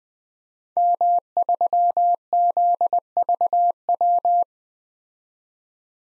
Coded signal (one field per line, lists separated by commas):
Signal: Morse code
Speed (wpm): 20 wpm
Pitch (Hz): 700 Hz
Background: none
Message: M3ZVW